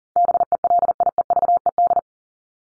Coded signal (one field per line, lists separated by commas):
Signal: Morse code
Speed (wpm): 40 wpm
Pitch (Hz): 700 Hz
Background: none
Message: BELIEVED